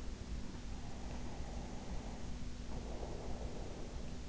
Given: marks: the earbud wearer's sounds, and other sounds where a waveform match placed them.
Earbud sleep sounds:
sounds in sleep by an in-ear microphone; breath
0.86-4.18 s: breath

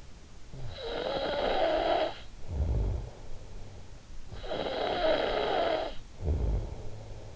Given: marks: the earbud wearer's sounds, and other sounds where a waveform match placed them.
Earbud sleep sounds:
sounds in sleep by an in-ear microphone; snoring breath
0.51-3.62 s: snoring breath
3.94-7.36 s: snoring breath

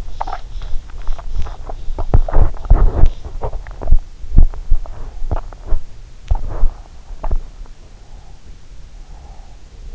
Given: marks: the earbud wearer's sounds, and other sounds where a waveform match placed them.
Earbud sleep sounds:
sounds in sleep by an in-ear microphone; body movement, breath
0.00-7.63 s: body movement
7.46-9.34 s: breath

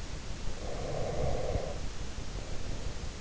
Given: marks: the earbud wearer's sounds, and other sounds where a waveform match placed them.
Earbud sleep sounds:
sounds in sleep by an in-ear microphone; breath
0.01-3.21 s: breath

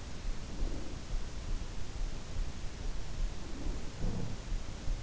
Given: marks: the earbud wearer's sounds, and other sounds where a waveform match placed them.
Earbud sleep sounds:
sounds in sleep by an in-ear microphone; breath
0.00-1.30 s: sound from someone else or the room
0.24-1.30 s: breath
3.18-4.68 s: breath

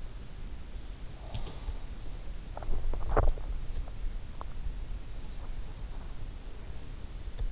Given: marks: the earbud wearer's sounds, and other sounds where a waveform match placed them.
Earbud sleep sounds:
sounds in sleep by an in-ear microphone; swallowing
2.50-3.94 s: swallowing

